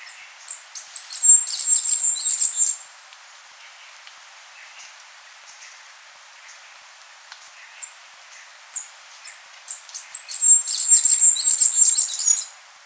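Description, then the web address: Masked flowerpiercer song: two fast high twittering phrases, one near the start and one near the end, with soft scattered chips and faint lower notes between them. Recorded in Ecuador. "Natures Songs S America Birds of Ecuador. Masked Flowerpiercer"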